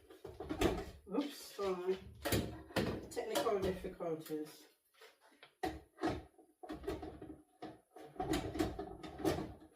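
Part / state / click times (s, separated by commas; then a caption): blender jar onto motor base / not seated / none. A plastic Ninja blender jar is handled at its motor base, with sharp knocks and bumps between stretches of someone talking. Nothing has seated or clicked yet; the jar has not been turned to lock onto the base.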